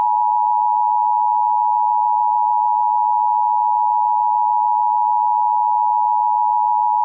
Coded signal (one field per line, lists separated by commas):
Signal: Emergency Alert System (SAME) tones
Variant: 853 and 960 Hz attention tone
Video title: Fake EAS i made